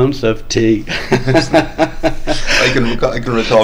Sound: laughs